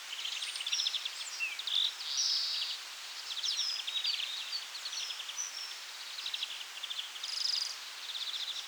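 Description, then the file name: European greenfinch twittering song, a dense run of trills, chirps and short buzzy notes with a wheezy note near the end, over constant hiss. "Chloris chloris"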